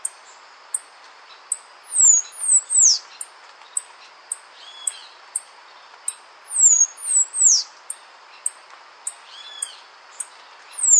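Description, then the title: Half-collared sparrow with steady, very high ticking and repeated groups of thin, down-slurred whistles, plus a few lower arched call notes. "LuckyPassaro Completos2Sama. Half-collared Sparrow (Arremon semitorquatus)"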